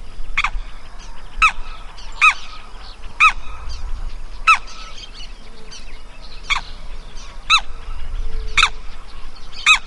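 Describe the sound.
Bird calls: repeated nasal honks roughly once a second, clear and loud.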